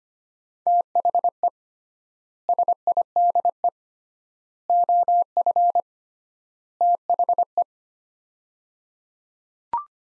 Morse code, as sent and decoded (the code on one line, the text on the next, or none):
- .... . / ... .. -.. . / --- ..-. / - .... .
THE SIDE OF THE